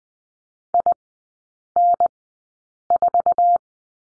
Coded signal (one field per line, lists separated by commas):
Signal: Morse code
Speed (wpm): 20 wpm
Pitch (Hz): 700 Hz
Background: none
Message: IN4